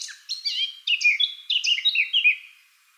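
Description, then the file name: Eurasian blackcap delivering one brief warbled phrase of clear, slurred notes that drifts gradually lower and fades at the end. "Sylvia atricapilla"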